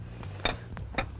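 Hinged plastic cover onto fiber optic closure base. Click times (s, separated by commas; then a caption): 0.5 s, 1.0 s. The hinged, over-molded plastic cover of a COYOTE STP fiber optic service termination point is lined up on the three posts of its base and swung closed like a book. Two sharp plastic snaps are heard at 0.5 s and 1.0 s, with fainter ticks around 0.2 s and 0.8 s. The cover is fully seated in the base.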